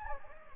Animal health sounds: mosquito wingbeat signal from an infrared sensor; Anopheles gambiae

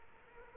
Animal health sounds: mosquito wingbeat signal from an infrared sensor; Culex quinquefasciatus

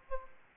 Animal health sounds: mosquito wingbeat signal from an infrared sensor; Aedes aegypti

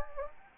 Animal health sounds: mosquito wingbeat signal from an infrared sensor; Anopheles gambiae

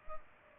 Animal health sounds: mosquito wingbeat signal from an infrared sensor; Culex pipiens

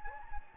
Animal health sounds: mosquito wingbeat signal from an infrared sensor; Anopheles gambiae

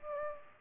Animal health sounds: mosquito wingbeat signal from an infrared sensor; Aedes aegypti

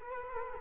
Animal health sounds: mosquito wingbeat signal from an infrared sensor; Culex quinquefasciatus

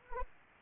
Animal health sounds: mosquito wingbeat signal from an infrared sensor; Anopheles arabiensis

